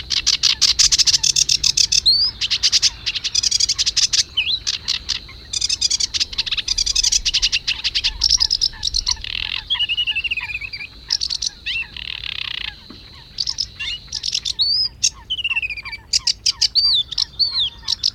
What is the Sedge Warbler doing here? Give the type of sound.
song